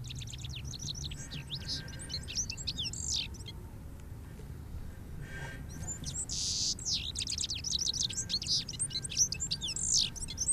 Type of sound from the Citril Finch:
song